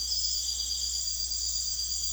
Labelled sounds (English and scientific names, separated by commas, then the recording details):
none
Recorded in secondary vegetation near Puerto Asís, Putumayo, Colombia, on 26 December 2024 at 02:30
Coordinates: 0.488, -76.319
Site GP04